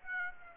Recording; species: mosquito wingbeat signal from an infrared sensor; Aedes aegypti